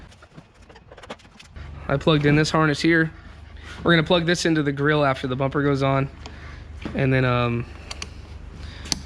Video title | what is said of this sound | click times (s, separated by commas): Scovel Motorsports Bumper Spacer Kit for 2011-2025 Chevy GMC 2500 3500 Trucks! (Install) | you guys will see see how that clicked into place. It'll click in there. Put the little red tab down. | 8.9 s